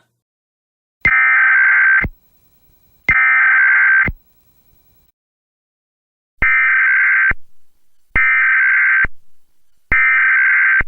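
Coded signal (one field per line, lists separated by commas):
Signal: Emergency Alert System (SAME) tones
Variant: header bursts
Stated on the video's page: Mock recreation of an Emergency Action Notification, read by NeoSpeech Paul text-to-speech.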